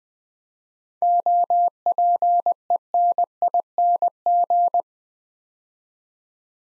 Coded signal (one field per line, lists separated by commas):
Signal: Morse code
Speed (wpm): 21 wpm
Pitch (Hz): 700 Hz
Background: none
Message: OPENING